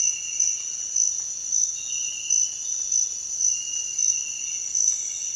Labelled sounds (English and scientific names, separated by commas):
none